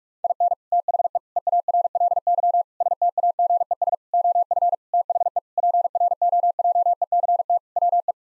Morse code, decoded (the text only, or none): IN THE EARLY STAGES OF THE PROJECT WE